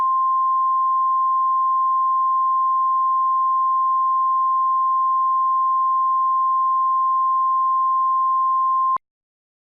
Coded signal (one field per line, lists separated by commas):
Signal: Emergency Alert System (SAME) tones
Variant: 1050 Hz attention tone